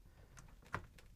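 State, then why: Seated. A firmware updater tool (Easy Updater Tool) is pushed into the communicator slot of a 2GIG GC2 alarm panel, a slot that only fits one way. Faint ticks at about 0.4 s and 1.0 s surround one sharp, louder click at 0.7 s, where the tool snaps in and seats.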